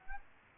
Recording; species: mosquito wingbeat signal from an infrared sensor; Aedes aegypti